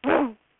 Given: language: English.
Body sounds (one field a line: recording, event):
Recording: throat vibration sensor signal played as sound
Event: throat clearing